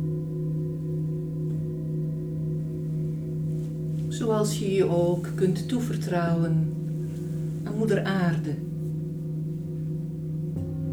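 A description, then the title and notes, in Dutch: Singing bowls ring in a steady, layered drone that holds evenly for the whole clip, a low hum with fainter higher tones above it. A voice speaks over it from about four to six and a half seconds, then briefly again near eight seconds. Een geleide meditatie met klankschalen waarbij je heerlijk kunt ontspannen.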